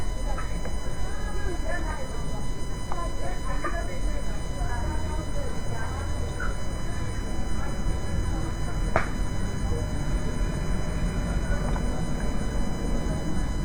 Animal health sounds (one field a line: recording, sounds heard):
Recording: poultry house recording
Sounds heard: healthy chickens